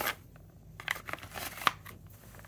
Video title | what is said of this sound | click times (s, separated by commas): Phlster Floodlight 1 VS Phlster Floodlight 2 | no problem again now this not as uh satisfying against the other one but if it's in there fine no problems | 0.8 s